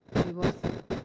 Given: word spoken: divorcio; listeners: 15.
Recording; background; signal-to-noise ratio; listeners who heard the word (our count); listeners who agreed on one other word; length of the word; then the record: one Spanish word in noise, from a listening test; noise modulated by one talker; -9.0 dB; 1 of 15; 8 of 15; 0.65 s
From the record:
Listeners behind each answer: 8, 3, 1, 1, 1, 1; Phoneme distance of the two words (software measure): 45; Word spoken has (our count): 3 syllables, 8 phonemes, stress on syllable 2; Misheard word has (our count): 1 syllable, 3 phonemes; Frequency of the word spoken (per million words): 13.52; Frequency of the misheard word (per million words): 229.30